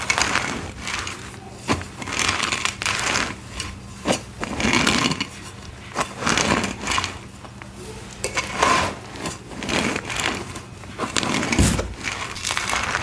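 Blocks of dyed gym chalk coated in thick, chunky paste are crushed, giving dense, irregular crunches and crumbly crackling. Sharp bright snaps stand out near 1.7, 4, 5, 8.5 and 11.7 seconds over a low steady hum.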